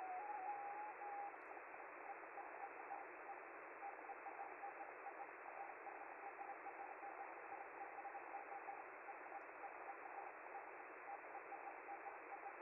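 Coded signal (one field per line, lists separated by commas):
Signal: Hellschreiber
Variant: Feld-Hell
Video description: With the FLDigi program I'm quickly sending a short message on the 10m band and receive it locally with a KiwiSDR receiver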